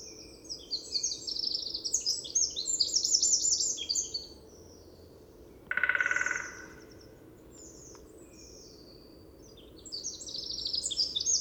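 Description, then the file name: Eurasian wren delivering fast, high, jumbled trills and twittering phrases, pausing midway as a short burst of noise passes, then starting another rapid phrase. "Troglodytes troglodytes"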